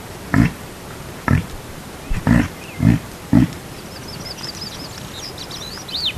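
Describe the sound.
Reindeer grunting: several low, abrupt grunts over about three seconds, then small birds twittering in the background.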